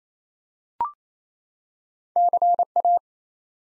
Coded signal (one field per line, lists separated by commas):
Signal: Morse code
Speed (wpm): 27 wpm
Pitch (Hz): 700 Hz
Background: none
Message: CA